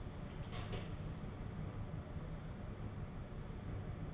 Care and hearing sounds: daily activity, microphone in the room; open door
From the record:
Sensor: 4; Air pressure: 1016.1 hPa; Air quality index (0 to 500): 209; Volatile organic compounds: 13 ppm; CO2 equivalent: 2380 ppm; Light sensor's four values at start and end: 9/20/8/7 and 9/20/8/7

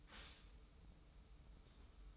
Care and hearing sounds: daily activity, microphone in the room; stop toaster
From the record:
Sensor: 1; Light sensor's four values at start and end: 21/50/21/23 and 21/50/21/23

